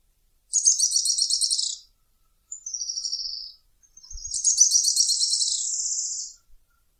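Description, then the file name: Araucaria tit-spinetail: a high rattling trill, a brief thinner falling trill, then a longer buzzy trill that trails off, all in quick succession. "canto do grimpeiro"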